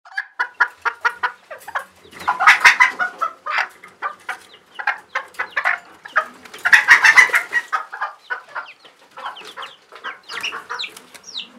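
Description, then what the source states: Chickens clucking and cackling in a busy chorus, several birds overlapping with rapid clucks and louder squawking bursts rising and falling throughout. Recorded inside a chicken coop.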